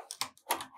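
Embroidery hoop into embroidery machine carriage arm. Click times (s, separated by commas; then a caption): 0.2 s, 0.5 s. A plastic embroidery hoop frame is placed onto the carriage arm of a Brother embroidery machine and clipped in, clipping on very easily. A quick series of sharp plastic clicks is heard, with the loudest at 0.2 s and 0.5 s and fainter ones around 0.1 s and 0.4 s. The hoop seats firmly on the arm.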